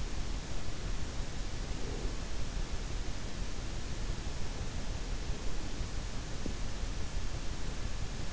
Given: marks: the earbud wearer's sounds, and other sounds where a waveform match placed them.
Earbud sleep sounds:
sounds in sleep by an in-ear microphone; breath
1.57-2.21 s: breath

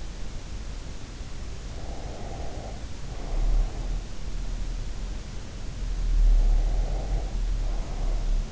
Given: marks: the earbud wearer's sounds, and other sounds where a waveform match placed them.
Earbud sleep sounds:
sounds in sleep by an in-ear microphone; breath
1.93-4.07 s: breath
6.20-8.52 s: breath

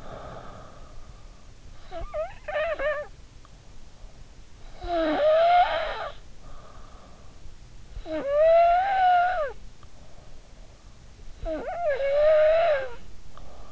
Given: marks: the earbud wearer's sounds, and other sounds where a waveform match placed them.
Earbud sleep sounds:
sounds in sleep by an in-ear microphone; snoring breath
0.00-13.72 s: snoring breath

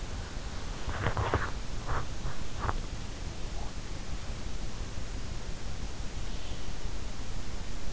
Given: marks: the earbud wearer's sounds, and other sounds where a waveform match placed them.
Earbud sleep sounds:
sounds in sleep by an in-ear microphone; teeth grinding
0.98-3.72 s: teeth grinding

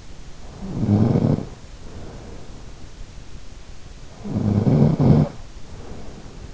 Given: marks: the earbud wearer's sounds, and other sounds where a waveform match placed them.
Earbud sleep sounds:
sounds in sleep by an in-ear microphone; snoring breath
0.57-2.64 s: snoring breath
4.13-6.53 s: snoring breath

